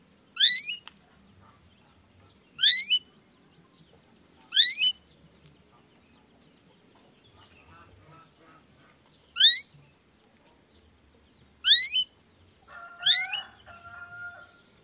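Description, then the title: Long-tailed shrike song: several squeaky note clusters at irregular intervals, faint thin notes between, ending with a lower steady whistle. Morning singing of a vigorous long-tailed shrike with 'toet toet' sound variations, intended to stimulate lazy shrikes into singing along. "Cendet Gacor Dor Di Kala Pagi Toet Toet Variasi Suara. Cendet Gacor Di Pagi Hari Rangsangan Emosi Cendet Malas Bunyi Supaya Secepatnya Ikutan Bunyi"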